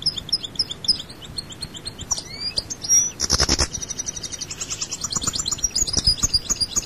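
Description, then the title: European goldfinch song: bright, tinkling high notes and rapid chirps mixed with a brief buzzy burst midway. "Chant Chardonneret"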